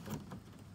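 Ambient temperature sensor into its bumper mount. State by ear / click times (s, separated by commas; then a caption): not seated / none. The outside air (ambient) temperature sensor of a 2002-2004 Porsche 911 (996) is being refitted by hand into its mount behind the front bumper opening, after the radiator grille mesh has been installed. Soft, low handling noise swells around 0.1 s, with a smaller burst near 0.3 s, then fades to a quiet background. Nothing has seated or clicked yet.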